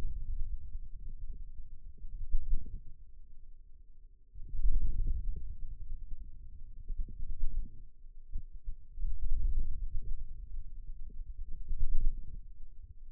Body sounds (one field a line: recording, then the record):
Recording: forearm muscle sounds (acoustic myography)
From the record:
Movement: wrist flexion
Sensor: system 2, bracelet of six BSWA MPA416 microphones around the upper forearm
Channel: 4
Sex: male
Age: 22 years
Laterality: right